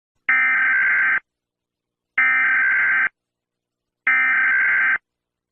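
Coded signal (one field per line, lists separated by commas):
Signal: Emergency Alert System (SAME) tones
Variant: header bursts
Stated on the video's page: Fictional EAS tones in a Stranger Things–themed simulated scenario.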